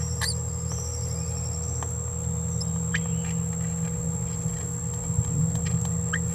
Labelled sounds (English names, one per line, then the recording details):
Green-rumped Parrotlet babbling
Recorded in a nest box in Venezuela
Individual 18B17A4